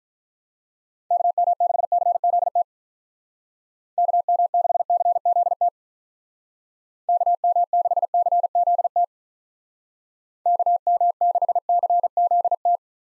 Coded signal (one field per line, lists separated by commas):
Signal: Morse code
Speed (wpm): 47 wpm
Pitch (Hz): 700 Hz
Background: none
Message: KM6CZT KM6CZT KM6CZT KM6CZT